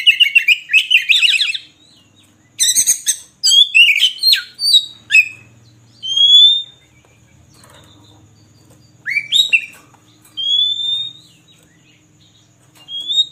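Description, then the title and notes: Oriental magpie-robin song of fast chattering notes, then clear rising whistles spaced by pauses, with a faint low hum underneath. Long-duration song used to train kept birds to sing actively, day and night. "Kacer Jadi Gacor Siang Malam. Isian Kacer Durasi Panjang"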